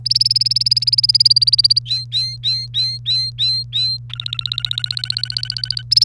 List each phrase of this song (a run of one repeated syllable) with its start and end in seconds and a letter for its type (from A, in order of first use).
0.05-1.79 A, 1.86-3.98 B, 4.10-5.82 C, 5.91-6.04 A